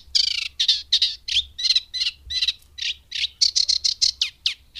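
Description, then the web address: Eurasian reed warbler singing harsh, grating chirps in short irregular bursts, some notes doubled or tripled. "agykontroll Madardalok Cd 3. Cserregő nádiposzáta"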